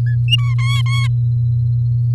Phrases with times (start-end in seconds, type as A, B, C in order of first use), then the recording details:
0.06-0.16 A, 0.28-0.54 B, 0.58-1.07 C. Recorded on 6 May 2018 at 12:33. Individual llb16